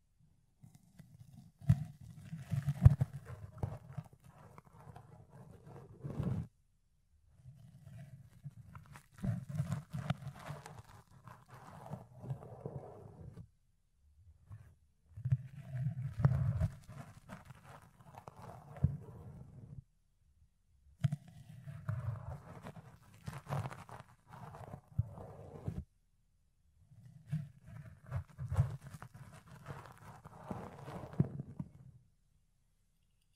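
Ear cleaning and picking against a fluffy microphone, heard as bursts of soft rubbing and scratching with a deep, muffled thump underneath. Each burst lasts about four to five seconds, separated by short silences, with crackly brushing strokes and occasional sharper scrapes.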